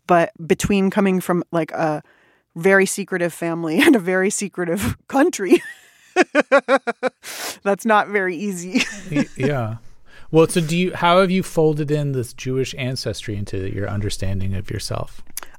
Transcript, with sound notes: But between coming from, like, a very secretive family and a very secretive country (laughter), that's not very easy.
Yeah. Well, so how have you folded in this Jewish ancestry into your understanding of yourself?